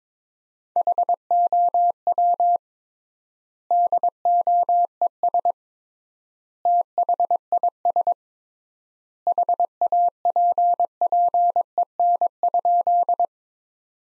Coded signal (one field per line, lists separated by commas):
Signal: Morse code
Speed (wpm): 22 wpm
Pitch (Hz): 700 Hz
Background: none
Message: HOW DOES THIS HAPPEN?